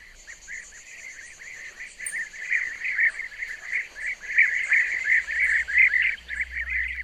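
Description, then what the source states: European Bee-eater calls: liquid, rolling 'criu' notes repeated rapidly and overlapping, at a mid pitch. Played example of the characteristic, almost unmistakable 'criu, criu, criu' call.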